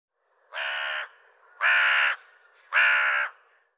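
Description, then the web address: Bird giving three harsh, even cawing notes about a second apart, each lasting roughly half a second. "cianscape birddata Deverinetal 2025"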